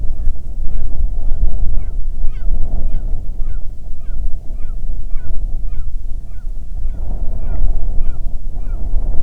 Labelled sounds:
bird
wind
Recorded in the Arctic National Wildlife Refuge, Alaska, on 9 July 2019 at 21:43
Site 48

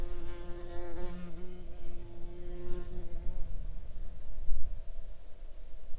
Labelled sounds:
insects
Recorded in the Arctic National Wildlife Refuge, Alaska, on 6 July 2019 at 00:28
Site 39

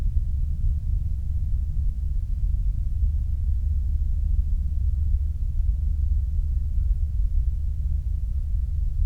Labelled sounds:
flare stack
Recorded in the Prudhoe Bay oil fields, Alaska, on 8 July 2019 at 06:10
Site 25

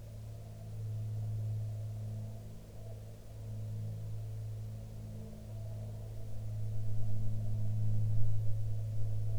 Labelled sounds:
aircraft
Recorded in the Prudhoe Bay oil fields, Alaska, on 15 June 2019 at 14:09
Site 16

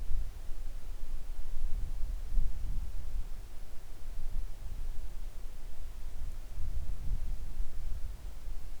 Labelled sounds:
wind
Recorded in the Arctic National Wildlife Refuge, Alaska, on 3 August 2019 at 10:40
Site 41

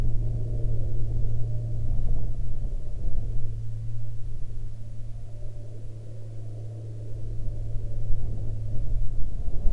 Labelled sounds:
aircraft
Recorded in the Arctic National Wildlife Refuge, Alaska, on 22 July 2021 at 12:59
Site 41

